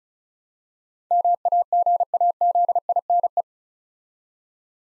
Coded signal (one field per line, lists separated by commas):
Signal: Morse code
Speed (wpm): 36 wpm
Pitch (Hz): 700 Hz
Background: none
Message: MAGAZINE